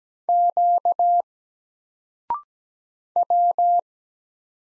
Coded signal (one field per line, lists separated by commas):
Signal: Morse code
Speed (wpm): 17 wpm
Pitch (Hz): 700 Hz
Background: none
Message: Q W